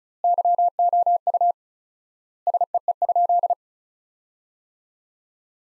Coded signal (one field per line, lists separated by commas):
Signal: Morse code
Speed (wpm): 36 wpm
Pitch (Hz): 700 Hz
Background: none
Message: YOU SEE?